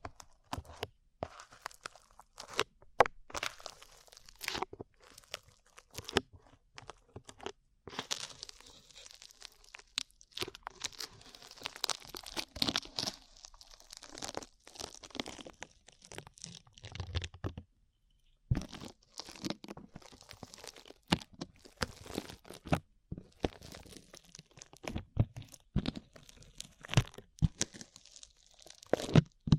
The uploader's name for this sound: ASMR SLIME